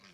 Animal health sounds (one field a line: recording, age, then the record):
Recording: pig call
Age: piglet (1 to 25 days)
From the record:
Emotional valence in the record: positive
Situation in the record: short reunion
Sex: female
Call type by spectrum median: low-frequency call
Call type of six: low-frequency tonal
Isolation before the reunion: 3 minutes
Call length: 0.14 s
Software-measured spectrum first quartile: 823 Hz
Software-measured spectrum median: 2200 Hz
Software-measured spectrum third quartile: 3971 Hz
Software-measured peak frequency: 183 Hz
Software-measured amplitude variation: 75 dB a second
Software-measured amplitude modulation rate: 11.0 a second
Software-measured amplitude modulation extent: 6.8 dB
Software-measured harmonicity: 0.1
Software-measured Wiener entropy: -0.94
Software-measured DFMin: 683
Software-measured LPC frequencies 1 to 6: 1377, 2302, 3282, 4379, 4941, 5621 Hz